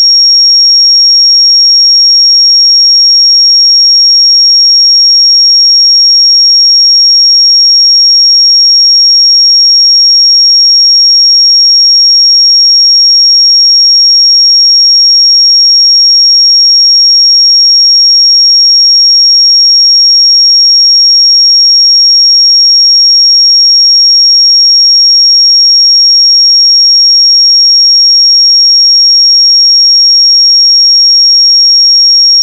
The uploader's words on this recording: 5573 Hz 1 Hz Interval Sine Pure Tone Frequency 441000 Sample Mono.